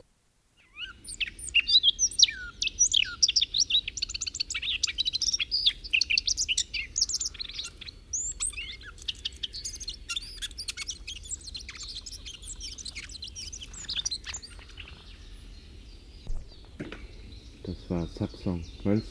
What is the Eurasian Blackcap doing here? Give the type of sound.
song